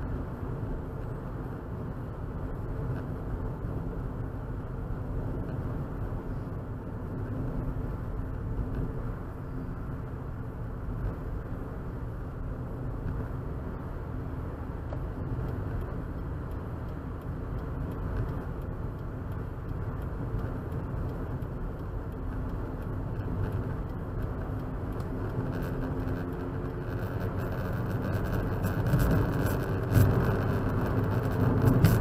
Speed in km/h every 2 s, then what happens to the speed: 82, 82, 82, 82, 77, 76, 74, 77, 79, 81, 81, 82, 87, 92, 97, 101.
0-7 steady at about 82. 7-13 slows to 74. 13-32 speeds up to 101.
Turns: none.